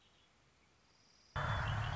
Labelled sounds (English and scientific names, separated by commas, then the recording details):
Red-winged Blackbird (Agelaius phoeniceus)
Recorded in Sonoma County, California